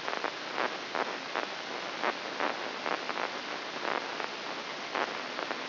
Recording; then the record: brain microelectrode recording played as sound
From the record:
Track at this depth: inside the subthalamic nucleus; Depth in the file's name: 5.108 mm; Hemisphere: left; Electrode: 3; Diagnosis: Parkinson's disease